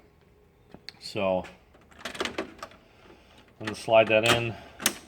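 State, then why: Not seated. A removable cartridge or module is slid by hand into an HP LaserJet M604/605/606 laser printer while someone talks, with a sharp tap near 0.9 s, a cluster of light plastic knocks and scrapes from 2.0 to 2.6 s, and a louder knock at 4.9 s. The part is being handled but has not gone all the way home, and nothing has seated or clicked yet.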